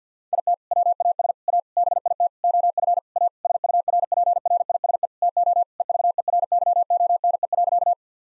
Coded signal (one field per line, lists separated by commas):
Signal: Morse code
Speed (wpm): 50 wpm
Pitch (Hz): 700 Hz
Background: none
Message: IT WAS A BIT OF A SURPRISE TO EVERYONE.